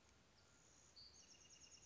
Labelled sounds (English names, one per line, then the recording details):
Western Flycatcher
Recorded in Sonoma County, California